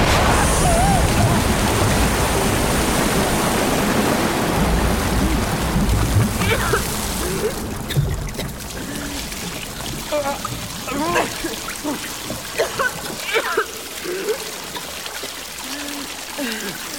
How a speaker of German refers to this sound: Wie hätte ich denn wissen sollen, dass sich hinter der Wand ein ganzer See verbirgt? Ich dachte... Der Junge vom Meer macht sich am Fels zu schaffen und heraus kommt eine Flut.